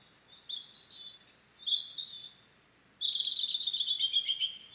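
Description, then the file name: European robin song of sweet, high sliding whistles and liquid trills, ending in a longer sustained warbling phrase. "Erithacus rubecula"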